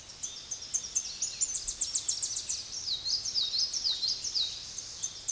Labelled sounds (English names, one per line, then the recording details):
Tennessee Warbler song
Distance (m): 20 m
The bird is about level with the microphone
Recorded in a Pennsylvania forest on 16 May 2024 at 06:11
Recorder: AudioMoth, point MSD-2349
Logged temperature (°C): 15.8 °C
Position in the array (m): 35 m, 57 m